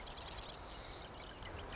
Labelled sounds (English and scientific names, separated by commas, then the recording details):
Marsh Wren (Cistothorus palustris)
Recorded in Sonoma County, California